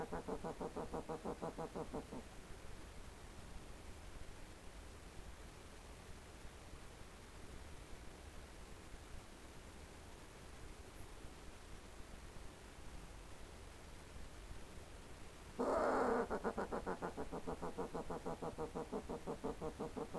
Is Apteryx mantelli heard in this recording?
no